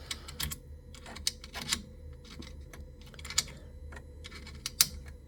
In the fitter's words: voilà, là il est bien mis, vous avez entendu un clic, voilà, hop.